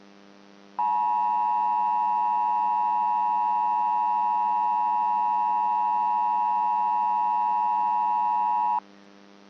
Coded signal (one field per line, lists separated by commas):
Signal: Emergency Alert System (SAME) tones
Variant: 853 and 960 Hz attention tone